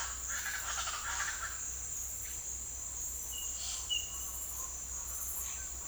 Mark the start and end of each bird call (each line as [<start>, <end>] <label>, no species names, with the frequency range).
[0.00, 1.52] bird call (0.7-6.0 kHz)